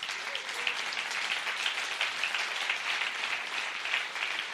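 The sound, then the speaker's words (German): Sustained audience applause, a dense steady wash of many hands clapping at once with no pauses, holding an even, fairly loud level throughout with no voices. “Eigentlich gilt dieser Applaus dem Herrn und diesen Frauen.”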